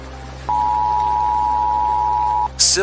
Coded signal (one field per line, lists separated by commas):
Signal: Emergency Alert System (SAME) tones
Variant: 853 and 960 Hz attention tone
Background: speech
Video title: U.S. Retaliates in WW3 Attack | EAS Fictional Alert Broadcast